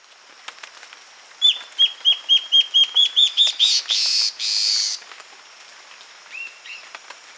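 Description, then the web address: Guianan warbling antbird song: a rapid series of short downslurred whistles that climb slightly in pitch, then two long harsh buzzy notes; faint steady high hiss and a few soft later chirps. Recorded 22 June 2008. "chants 20080622 hypcancht"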